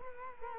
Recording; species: mosquito wingbeat signal from an infrared sensor; Culex quinquefasciatus